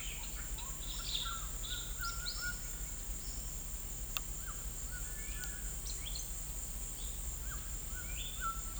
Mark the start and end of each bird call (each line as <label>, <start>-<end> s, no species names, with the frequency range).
bird call (0.6-6.4 kHz), 0.00-2.65 s
bird call (1.0-6.6 kHz), 4.87-6.31 s
bird call (0.8-4.3 kHz), 7.40-8.80 s